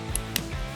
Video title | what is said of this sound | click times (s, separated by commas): [Beyblade Burst Dynamite Battle] ASTRAL SPRIGGAN Unboxing and Generation Test Battles | You line it up with the teeth and twist it until you hear a click, | 0.2 s, 0.4 s